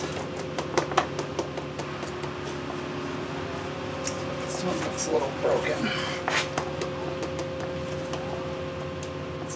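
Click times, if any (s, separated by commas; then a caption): none. A plastic engine wiring harness connector with a damaged locking tab is pushed onto its sensor/injector on a Volkswagen 2.0L MKIV Jetta during a head replacement, while someone talks over a steady background hum. Short handling taps and knocks are heard, but the connector attaches without clicking because the tab looks broken, so nothing has seated or clicked.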